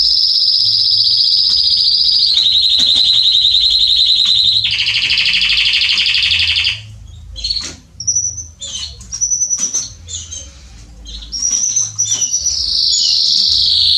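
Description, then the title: Belgian canary song: long sustained rolling trills at changing pitches, then scattered short high chips and brief trilled bursts with gaps between. Male Belgian canary singing a lot, meant to warm up and train young canaries. "Canary Training Esquente Seu Filhote E Canario Belga Em 30 Minutos Macho Cantando Muito. CANTO DO CANRIO"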